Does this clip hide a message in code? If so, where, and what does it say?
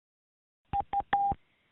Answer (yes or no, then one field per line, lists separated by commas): no